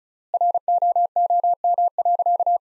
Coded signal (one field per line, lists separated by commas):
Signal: Morse code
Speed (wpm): 36 wpm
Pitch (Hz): 700 Hz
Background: none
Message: ROOM.